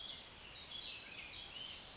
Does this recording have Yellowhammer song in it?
no